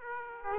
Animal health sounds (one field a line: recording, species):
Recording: mosquito wingbeat signal from an infrared sensor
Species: Aedes aegypti